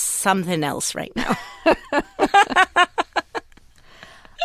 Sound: laughter

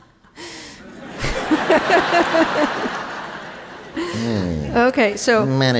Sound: soundbite of laughter

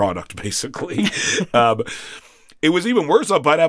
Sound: laughter

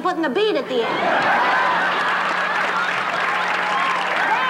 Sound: laughter

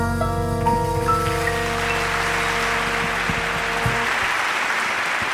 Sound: applause

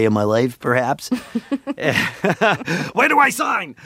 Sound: laughter

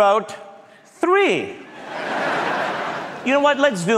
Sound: laughter

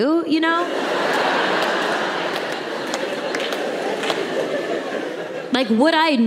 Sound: laughter

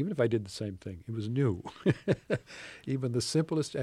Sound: laughter

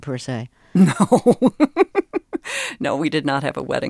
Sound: laughter

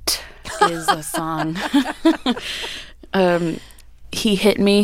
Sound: laughter

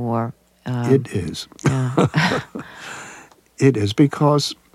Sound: laughter

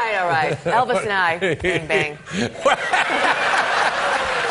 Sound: laughter

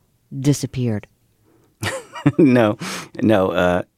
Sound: soundbite of laughter

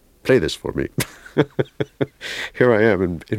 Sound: laughter

